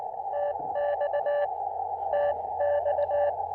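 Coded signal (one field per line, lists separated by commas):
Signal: Morse code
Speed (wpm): 19 wpm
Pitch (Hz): 590 Hz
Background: none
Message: TX TX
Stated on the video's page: Morse sent with a TinyPaddle during a POTA park activation.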